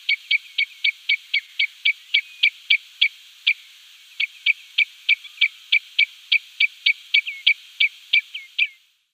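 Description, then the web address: Common redshank giving a long rapid series of sharp, high piping notes, more than three per second, each with a brief downward slur, steady and insistent. "Schulze Peter Common Redshank calls"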